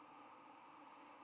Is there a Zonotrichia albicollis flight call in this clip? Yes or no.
no